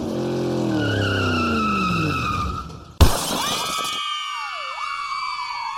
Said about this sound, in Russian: За оградой парка на улице столкнулись две машины. В одной было полно марсиан, в другой — землян.